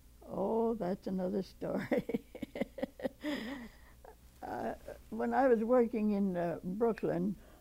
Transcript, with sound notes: Oh, that's another story. [laughs] When I was working in Brooklyn